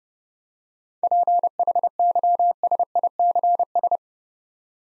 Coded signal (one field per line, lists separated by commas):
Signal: Morse code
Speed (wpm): 30 wpm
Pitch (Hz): 700 Hz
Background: none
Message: PHYSICS